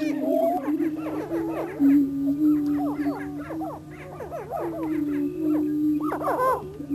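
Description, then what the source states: Greater prairie chickens calling in chorus, with a continuous low droning boom beneath dense bursts of upslurred whoops and cackles that swell and fade. Recorded in Missouri.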